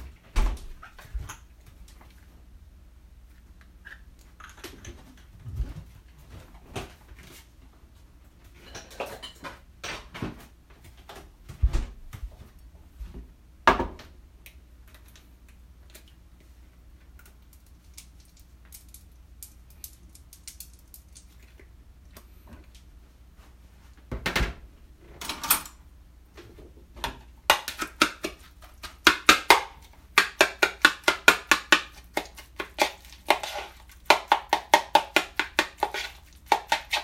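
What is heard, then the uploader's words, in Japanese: Kitchen sounds: scattered clicks, knocks and clatters of utensils over a steady low hum. A few heavier thuds land around 5, 12, 14 and 24 seconds. From about 27 seconds on, quick bright tapping and clinking grows dense and busy until the end. キッチンの音。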